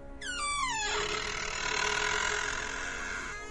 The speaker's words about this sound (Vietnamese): Tiếng kéo kẹt cửa vẫn cứ vang lên.